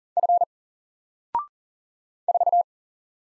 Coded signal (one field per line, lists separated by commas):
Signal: Morse code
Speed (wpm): 40 wpm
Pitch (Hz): 700 Hz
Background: none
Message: F 4